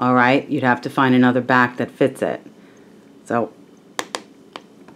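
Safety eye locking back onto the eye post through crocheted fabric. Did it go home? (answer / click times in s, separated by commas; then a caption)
yes / 4.0 s, 4.1 s, 4.6 s. Someone talks, then a plastic locking washer is pushed down the ridged plastic post of an amigurumi safety eye through crocheted fabric. Three small sharp pops sound at 4.0, 4.2 and 4.6 seconds as the washer passes the ridges. The back snaps down and seats on the post.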